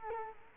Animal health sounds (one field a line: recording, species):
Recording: mosquito wingbeat signal from an infrared sensor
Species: Culex quinquefasciatus